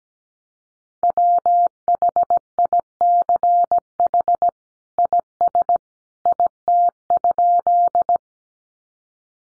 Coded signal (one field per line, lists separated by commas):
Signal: Morse code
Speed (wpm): 17 wpm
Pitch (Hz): 700 Hz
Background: none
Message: WHICH IS IT?